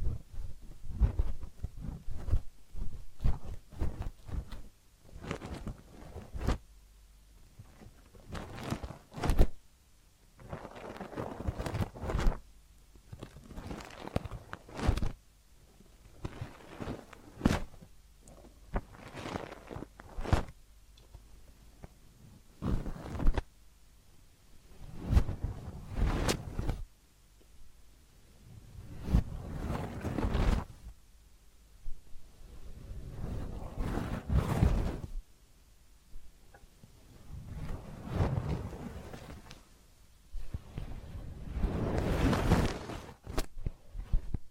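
Massage and spa sounds: rubbing, brushing strokes and soft scrapes that swell and fade in uneven bursts, with short sharp taps and crackles scattered between them. Near-silent gaps separate the louder passages, and the strokes grow longer and fuller after about twenty-five seconds.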